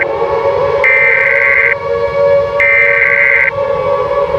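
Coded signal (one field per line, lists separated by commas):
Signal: Emergency Alert System (SAME) tones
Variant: header bursts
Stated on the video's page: Fictional mini EAS scenario.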